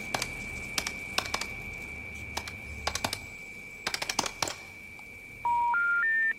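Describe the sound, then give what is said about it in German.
A person dials their own mobile phone number: bursts of quick, sharp keypad taps over a steady high tone, followed by three short beeps rising in pitch step by step. “Ruf es doch mal an, dein Handy.”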